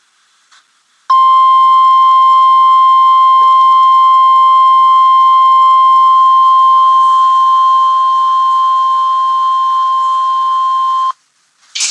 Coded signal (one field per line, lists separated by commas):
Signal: Emergency Alert System (SAME) tones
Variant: 1050 Hz attention tone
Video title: EAS 77 - Special Marine Warning Choctahatchee Bay FL 02/23/16